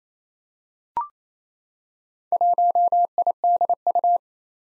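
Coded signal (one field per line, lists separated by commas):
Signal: Morse code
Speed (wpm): 28 wpm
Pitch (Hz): 700 Hz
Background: none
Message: 1IDU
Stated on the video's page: Morse drill at 28 wpm of four-character combinations of confusable letters and numbers, sent, spoken, then sent again.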